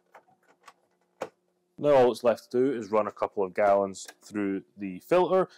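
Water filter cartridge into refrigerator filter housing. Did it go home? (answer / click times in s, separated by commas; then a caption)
yes / 1.2 s. A plastic WF3CB PureSource-replacement water filter cartridge is aligned with the slot in a Frigidaire refrigerator's filter housing and pushed in past some resistance until it locks in position. A couple of faint ticks come first, then a sharp click at 1.2 s as the filter seats. Someone then talks.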